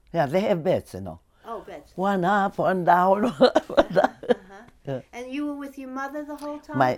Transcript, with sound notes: Yeah they have beds, you know.
Oh, beds.
One up, one down. (she laughs )
Uh-huh. And you were with your mother the whole time?